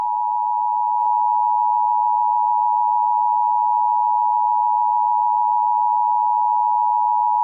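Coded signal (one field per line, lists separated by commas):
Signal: Emergency Alert System (SAME) tones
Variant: 853 and 960 Hz attention tone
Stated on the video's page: Fictional scenario containing both valid and invalid EAS tones, with distorted effects.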